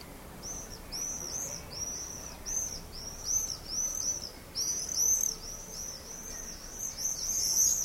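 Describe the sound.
Swift calls: a near-continuous run of high, shrill, buzzy screams, short notes packed closely together.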